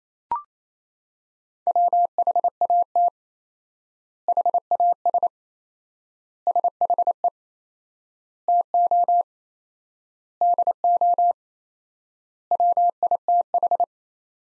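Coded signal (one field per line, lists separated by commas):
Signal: Morse code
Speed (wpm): 28 wpm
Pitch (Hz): 700 Hz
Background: none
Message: WHAT HAS SHE TO DO WITH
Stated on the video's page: Morse practice sentences from the top 100 words at 28 wpm with 4x standard word spacing, a Farnsworth-like method applied to words.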